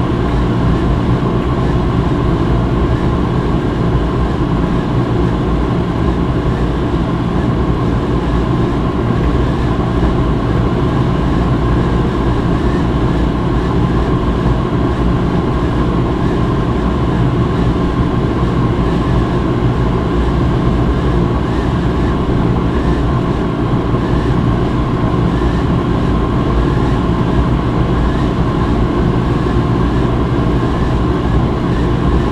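A tumble dryer runs with a steady, dense low rumble and hum that never changes over the half minute. A faint tonal drone sits in the bass and a soft rushing layer sits above, with no distinct knocks or pauses.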